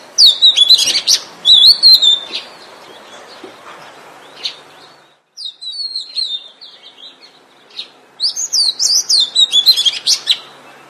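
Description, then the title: Oriental magpie-robin song in bursts of bright, warbling whistles with short silent gaps, ending in a fast, lively phrase. "Kacer"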